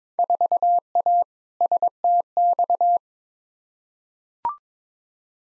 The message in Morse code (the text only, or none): 4A STX